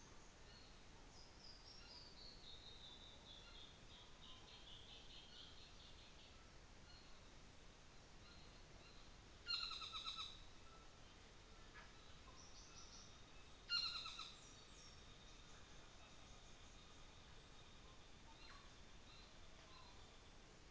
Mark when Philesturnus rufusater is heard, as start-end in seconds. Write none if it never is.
0.37-6.31, 9.37-10.39, 10.73-20.42